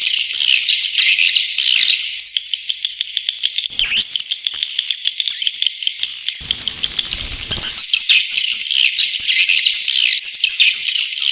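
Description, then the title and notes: Swiftlets twitter in a busy high chorus of rapid chirps, with a burst of low rumbling noise partway through. Swiftlet farming sound, Asia. "Swiflet Bird Sound. Farming Swiflet Bird asia sound"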